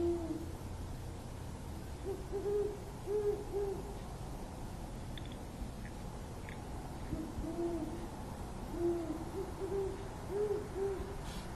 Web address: davis great horned owl Hooting Owls at 4 am on Feb 27 , 2012